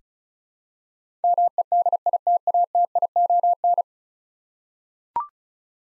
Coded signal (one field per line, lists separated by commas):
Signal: Morse code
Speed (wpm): 36 wpm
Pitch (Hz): 700 Hz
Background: none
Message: MEDITATION